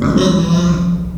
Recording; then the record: squeal of a Yucatan mini pig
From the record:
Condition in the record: after surgery on the right vocal fold (resection and tissue-engineered implant); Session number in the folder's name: 10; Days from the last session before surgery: 86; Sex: female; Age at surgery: 19 weeks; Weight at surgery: 25 kg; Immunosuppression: prednisolone